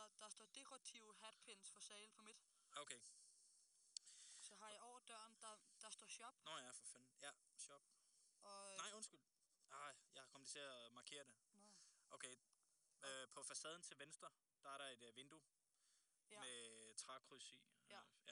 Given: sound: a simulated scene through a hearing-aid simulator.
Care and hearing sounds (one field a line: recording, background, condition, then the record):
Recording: conversation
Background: quiet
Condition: 75 dB SPL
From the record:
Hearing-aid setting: III (slow-acting compression, loudness normalization, advanced features for about 2.5 dB of SNR improvement)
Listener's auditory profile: A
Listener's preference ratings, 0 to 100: 92, 89, 96